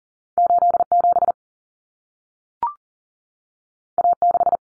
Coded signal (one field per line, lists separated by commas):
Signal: Morse code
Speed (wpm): 40 wpm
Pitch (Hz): 700 Hz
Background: none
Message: 87 A6